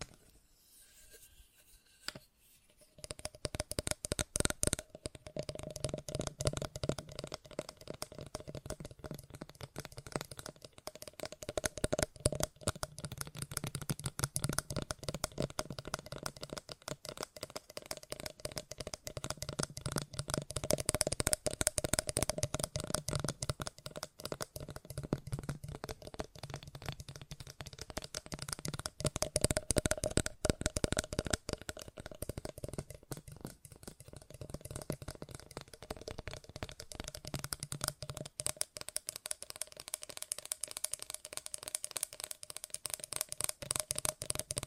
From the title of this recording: Fast Tapping